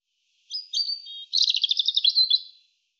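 European robin song: high thin whistled notes leading into a fast rattling trill, one phrase of about two seconds on a silent background.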